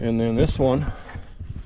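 A plastic trim cover is handled at the side mirror mount on the door of a Ram 1500 pickup truck while someone talks, followed by faint, soft handling noises. Nothing has seated or clicked yet; the cover is not yet snapped on.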